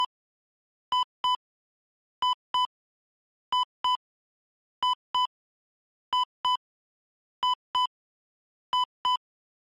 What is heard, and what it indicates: Medical Heart Monitor Beeps.